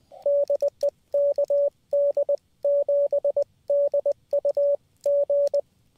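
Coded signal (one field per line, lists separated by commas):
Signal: Morse code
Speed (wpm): 20 wpm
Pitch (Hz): 560 Hz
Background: radio noise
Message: DE KD7DUG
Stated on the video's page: QRP CW SOTA summit activation on an mcHF QRP radio with paddle key and 15/17/20 m linked dipole, around 14.063, 18.080 and 21.063 MHz.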